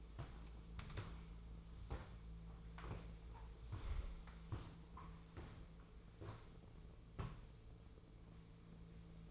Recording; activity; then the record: daily activity, microphone in the room; walk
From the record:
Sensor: 1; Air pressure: 1005.5 hPa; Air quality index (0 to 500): 122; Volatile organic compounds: 5 ppm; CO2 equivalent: 1708 ppm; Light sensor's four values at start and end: 11/26/11/11 and 11/27/11/12